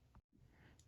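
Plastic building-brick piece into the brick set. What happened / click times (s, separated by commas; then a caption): The plastic piece snapped back into place / 0.8 s. A loose plastic building-brick piece is pressed back into place in the brick set, and it makes a single sharp click at 0.8 s. Before the click there is a brief dip to near silence. The piece is seated back in place.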